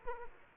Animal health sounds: mosquito wingbeat signal from an infrared sensor; Aedes aegypti

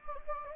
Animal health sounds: mosquito wingbeat signal from an infrared sensor; Anopheles gambiae

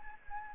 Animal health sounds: mosquito wingbeat signal from an infrared sensor; Anopheles arabiensis

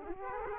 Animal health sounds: mosquito wingbeat signal from an infrared sensor; Aedes aegypti

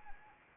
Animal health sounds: mosquito wingbeat signal from an infrared sensor; Anopheles arabiensis

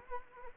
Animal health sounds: mosquito wingbeat signal from an infrared sensor; Anopheles arabiensis

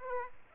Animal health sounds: mosquito wingbeat signal from an infrared sensor; Aedes aegypti

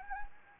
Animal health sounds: mosquito wingbeat signal from an infrared sensor; Anopheles gambiae

